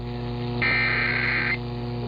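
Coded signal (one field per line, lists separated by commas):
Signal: Emergency Alert System (SAME) tones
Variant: header bursts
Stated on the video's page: Tennessee required monthly test EAS alert.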